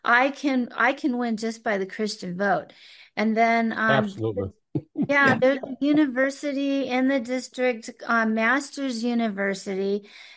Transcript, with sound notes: I can win just by the Christian vote. And then, um-
Absolutely. (laughs)
Yeah. There's a university in the district. Um, Master's University